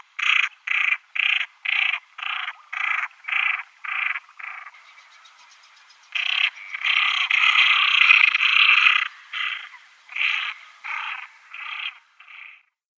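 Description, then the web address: Common pochard uttering a rhythmic series of short rasping notes, a pause, then a longer continuous harsh grating call before the bursts resume. Females. "Schulze Peter Common Pochard females"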